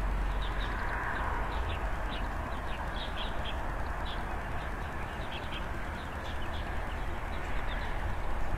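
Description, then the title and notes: Birds twitter in series of short high chirps against a continuous low hum. Birds frolicking on tree branches in front of a rural country house, early morning, heard from an opened window; scene described as harmonious and quiet. "乡间屋前鸟儿欢快嬉闹中. 清晨起床，推开窗户，只见鸟儿嬉闹于枝头"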